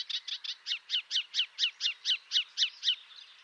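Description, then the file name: Melodious warbler giving a harsh chattering series of many rough, sparrow-like notes, evenly repeated, then trailing off. "Hypolais polyglotte"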